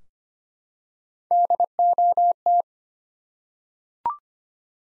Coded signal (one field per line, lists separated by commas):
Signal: Morse code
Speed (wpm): 25 wpm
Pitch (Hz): 700 Hz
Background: none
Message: DOT